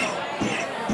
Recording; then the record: coughing mixed with background sound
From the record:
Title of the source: Spring Cold Coughing 3